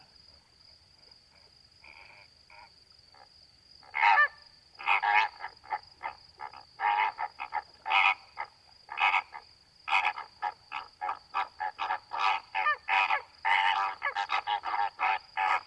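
Greater flamingos feeding in a shallow lagoon chatter in short, nasal, croaking honks, faint and sparse at first, then loud from about four seconds on, growing denser and overlapping toward the end. A thin, steady high whine runs underneath throughout.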